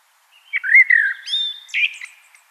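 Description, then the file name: Common blackbird singing one short phrase: low, mellow warbled whistles running into a brief higher squeaky flourish, with no other sounds. "Turdus merula"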